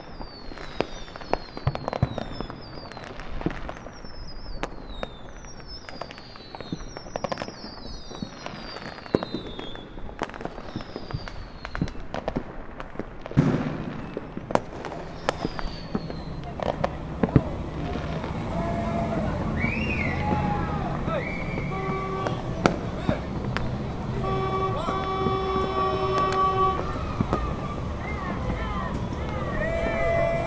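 Fourth of July fireworks pop and crackle in rapid bursts with falling whistles, then a denser rumble builds alongside steady tones near the end.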